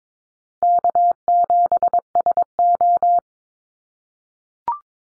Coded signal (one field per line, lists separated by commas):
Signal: Morse code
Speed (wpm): 22 wpm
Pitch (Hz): 700 Hz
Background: none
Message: K7SO